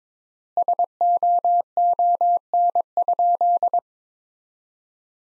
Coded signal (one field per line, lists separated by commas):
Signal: Morse code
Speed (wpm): 22 wpm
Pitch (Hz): 700 Hz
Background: none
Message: SOON?